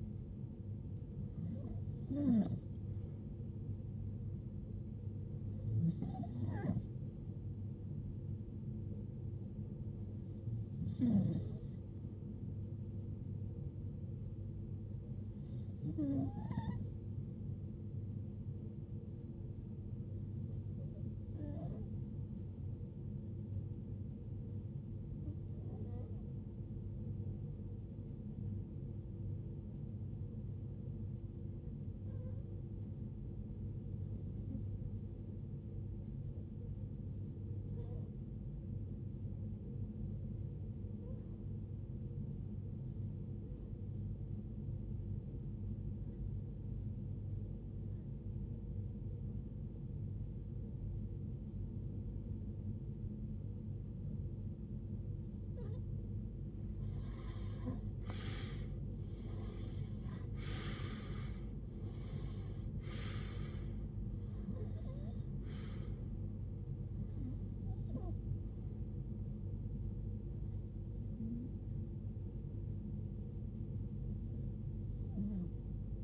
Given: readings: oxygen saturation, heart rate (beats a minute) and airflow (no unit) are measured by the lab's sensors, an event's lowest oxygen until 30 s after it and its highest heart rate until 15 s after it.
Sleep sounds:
breathing in sleep by a smartphone at the bedside; 1
25.00-58.40 s: hypopnea (REM, oxygen 95% highest, then 92% lowest, heart rate 69 at the start, 75 highest)
From the record:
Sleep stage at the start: REM sleep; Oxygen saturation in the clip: 90 to 95%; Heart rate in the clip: 45 to 77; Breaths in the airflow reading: 20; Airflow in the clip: -20.0 to 18.2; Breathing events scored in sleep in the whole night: 389 in 6.3 hours asleep

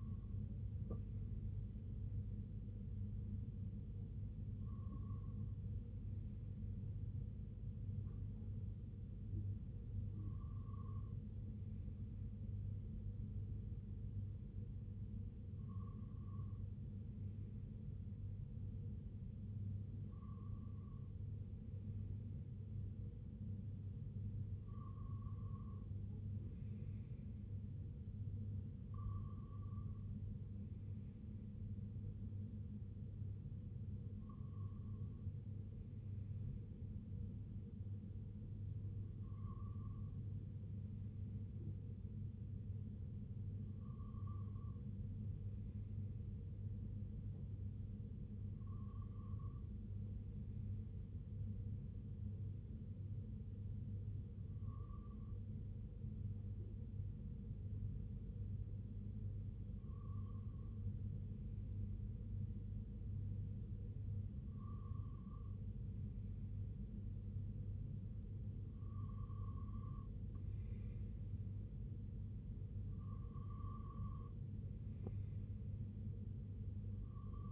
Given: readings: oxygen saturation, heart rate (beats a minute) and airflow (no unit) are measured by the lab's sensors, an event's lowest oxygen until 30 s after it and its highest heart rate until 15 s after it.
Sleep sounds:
breathing in sleep by a smartphone at the bedside; none
2.00-77.52 s: new sleep stage, N2 (light sleep)
From the record:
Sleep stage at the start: N1 (lightest sleep); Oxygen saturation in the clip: 95 to 96%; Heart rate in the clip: 57 to 69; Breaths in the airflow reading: 16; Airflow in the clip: -4.8 to 2.9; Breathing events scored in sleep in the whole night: 258 in 7.4 hours asleep

